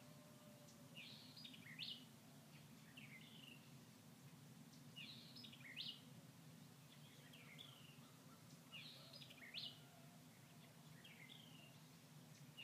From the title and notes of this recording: This audio file was recorded in a thicket during Mid-September, in Arkansas.